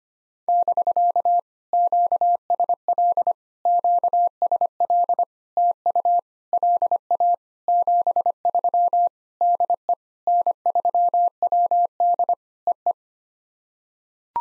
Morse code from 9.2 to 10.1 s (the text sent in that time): DE